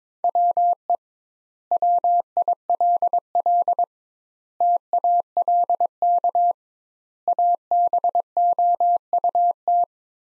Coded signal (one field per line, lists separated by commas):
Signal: Morse code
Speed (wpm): 22 wpm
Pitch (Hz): 700 Hz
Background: none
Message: WE WILL TALK ABOUT